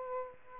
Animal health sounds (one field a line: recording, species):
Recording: mosquito wingbeat signal from an infrared sensor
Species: Aedes aegypti